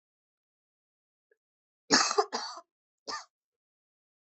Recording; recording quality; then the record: heavy voluntary cough; excellent, no background noise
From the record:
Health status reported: COVID-19 positive, mild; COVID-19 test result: positive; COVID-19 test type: rapid antigen test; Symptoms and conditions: fever, fatigue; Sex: female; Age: 22 years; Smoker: no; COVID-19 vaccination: both doses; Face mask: worn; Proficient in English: yes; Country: India